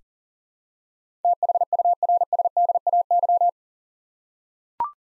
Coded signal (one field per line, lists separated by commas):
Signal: Morse code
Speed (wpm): 38 wpm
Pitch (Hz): 700 Hz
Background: none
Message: THURSDAY